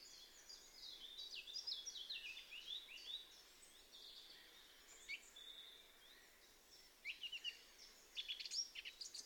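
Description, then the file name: Eurasian blackcap warbling in repeated varied bursts of high chattering and whistled notes over a steady background hiss. "Sylvia atricapilla"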